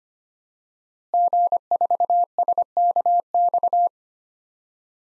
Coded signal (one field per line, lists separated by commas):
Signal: Morse code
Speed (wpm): 25 wpm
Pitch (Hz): 700 Hz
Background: none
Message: G4SKX